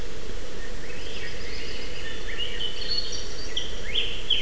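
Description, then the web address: Bird twittering with quick high chirps building toward the end, set against a continuous low-pitched background noise. "picts birds valh 3"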